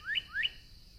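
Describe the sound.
Northern cardinal song fragment: two quick clear upslurred whistles in under a second, over a steady high-pitched background hum.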